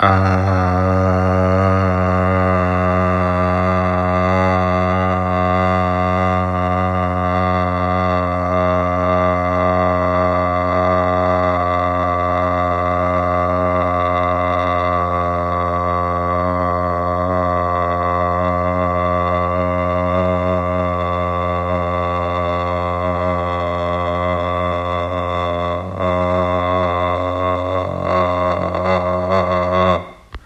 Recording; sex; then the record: sustained vowel /a/; male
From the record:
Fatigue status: no fatigue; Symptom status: asymptomatic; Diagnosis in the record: COVID-19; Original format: m4a